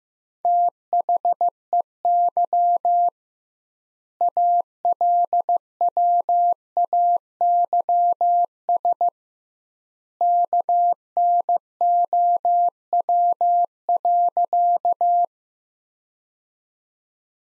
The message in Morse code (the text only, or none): THEY ALWAYS KNOW.